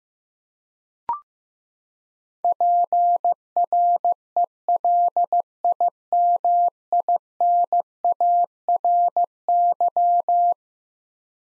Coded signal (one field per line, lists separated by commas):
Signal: Morse code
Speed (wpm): 15 wpm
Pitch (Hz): 700 Hz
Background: none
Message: PRELIMINARY